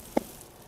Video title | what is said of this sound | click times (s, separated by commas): LIGHTING GODOX SL 150W - VIEW INDONESIA | bunyinya sudah bunyi klik Oke | 0.2 s